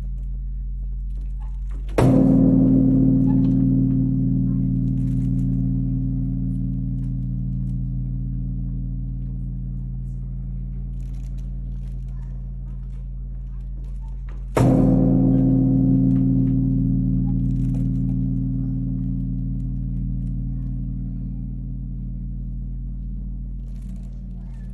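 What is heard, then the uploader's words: A great temple bell is struck twice, at about two seconds and again near fifteen seconds. Each strike lands with a sharp thud and then a deep, layered hum that fades very slowly, still ringing loudly when the next blow comes. Night Bell at Todaiji. The temple bell of Todaiji Temple.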